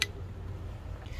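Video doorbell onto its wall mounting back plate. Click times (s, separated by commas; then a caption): 0.0 s. A battery-powered Blink Video Doorbell is hooked onto its wall back plate top first, then pushed down until it clicks into place. A single sharp tick sounds at 0.0 s, followed by a quiet low rumble. The doorbell seats on the back plate.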